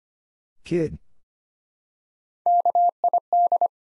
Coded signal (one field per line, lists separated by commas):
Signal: Morse code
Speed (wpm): 25 wpm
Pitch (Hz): 700 Hz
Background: none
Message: KID